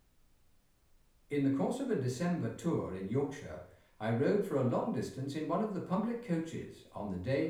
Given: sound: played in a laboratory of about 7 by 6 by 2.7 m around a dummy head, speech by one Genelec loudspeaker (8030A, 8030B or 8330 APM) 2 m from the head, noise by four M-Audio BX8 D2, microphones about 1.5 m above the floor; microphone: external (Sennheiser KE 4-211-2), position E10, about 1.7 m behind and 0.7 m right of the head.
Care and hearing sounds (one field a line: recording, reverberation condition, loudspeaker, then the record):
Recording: male speech in English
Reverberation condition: medium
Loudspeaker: 60 degrees to the right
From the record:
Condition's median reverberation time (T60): about 510 ms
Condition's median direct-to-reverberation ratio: about -0.5 dB